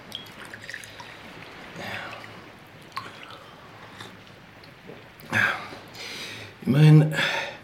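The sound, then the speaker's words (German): Rum trickles and drips into a glass, quiet at first, then two louder splashing pours near the end, the second with a faint ringing, glassy tone. “Gieß etwas rum nach.”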